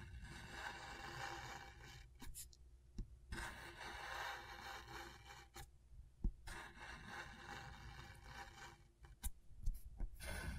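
Scratching on a scratchboard comes in long, dense, raspy strokes, separated by brief pauses around two and a half, six and nine seconds. Sharp little taps and clicks punctuate the gaps, and a steady low hum runs underneath throughout.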